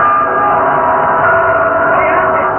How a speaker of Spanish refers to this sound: haciendo tañer las campanas de la iglesia.